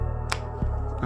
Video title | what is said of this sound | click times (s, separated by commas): 7 Days of Wearing a WHOOP Band and I Learned This Shocking Truth | until it clicks and now it will start charging you can see from the side here | 0.3 s